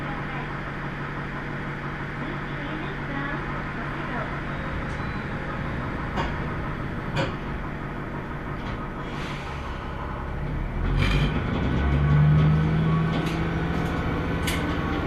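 Inside a Tenryu-Hamanako Railway train running from Miyakoda to Tenryu-Futamata, a steady low rumble and drone of the railcar fills the whole clip. Faint clicks and knocks from the wheels and the cabin come through now and then, and the engine swells louder from about eleven seconds on.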